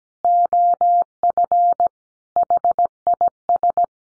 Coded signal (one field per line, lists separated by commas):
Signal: Morse code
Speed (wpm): 17 wpm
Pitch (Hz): 700 Hz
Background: none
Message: OF HIS